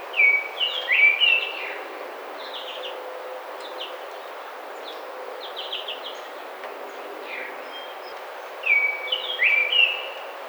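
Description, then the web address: Baltimore oriole giving whistled phrases near the start and again near the end, with fainter notes between, over steady background noise. Recorded 29 May 2009. "Baltimore Oriole 2009 05 29"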